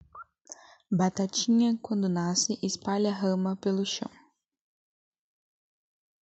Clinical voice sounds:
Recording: short text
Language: Brazilian Portuguese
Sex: female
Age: 18 to 19 years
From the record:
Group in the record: control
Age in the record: 18 years

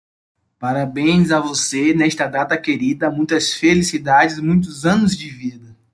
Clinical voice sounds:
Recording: short text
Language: Brazilian Portuguese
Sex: male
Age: 20 to 29 years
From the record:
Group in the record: control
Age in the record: 22 years

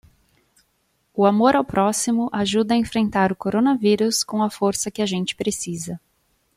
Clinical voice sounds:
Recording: spoken sentence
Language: Brazilian Portuguese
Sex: female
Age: 30 to 39 years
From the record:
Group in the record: control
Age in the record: 33 years

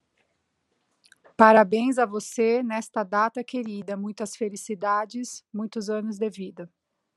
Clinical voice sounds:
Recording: short text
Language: Brazilian Portuguese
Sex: female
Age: 40 to 49 years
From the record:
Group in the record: control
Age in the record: 42 years

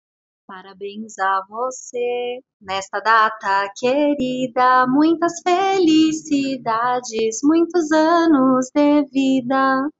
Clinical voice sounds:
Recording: short text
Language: Brazilian Portuguese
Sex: female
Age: 30 to 39 years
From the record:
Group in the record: control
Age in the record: 34 years

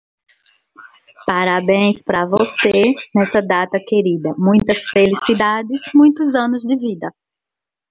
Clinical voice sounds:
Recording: short text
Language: Brazilian Portuguese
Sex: female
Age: 40 to 49 years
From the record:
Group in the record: control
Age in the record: 46 years

